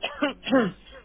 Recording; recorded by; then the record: voluntary cough; telephone call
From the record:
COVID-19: negative